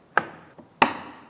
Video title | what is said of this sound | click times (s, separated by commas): How To Build Your Land Cruiser 250 Drawer System | here we go kind of hear it snap together like that | 0.2 s, 0.8 s